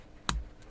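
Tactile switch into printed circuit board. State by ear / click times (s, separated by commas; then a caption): seated / 0.3 s. A small tactile push-button switch is pressed into its holes on the printed circuit board of a Robaux LL8 Trigger Sequencer DIY build until its legs snap in. A single sharp, loud click sounds at 0.3 s, followed by a brief low thump and a faint tick near 0.6 s, over quiet background. The switch is seated in the board.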